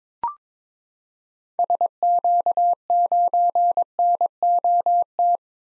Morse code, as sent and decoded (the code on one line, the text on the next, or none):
... --.- ----. -. --- -
SQ9NOT